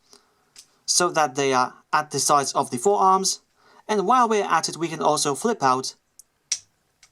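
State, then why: Seated. Someone talks while the plastic hands of a Transformers: Titans Return Deluxe Triggerhappy action figure are flipped out of its forearms. A sharp click at 6.5 s marks the hands snapping into place, seated.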